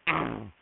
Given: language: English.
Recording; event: throat vibration sensor signal played as sound; throat clearing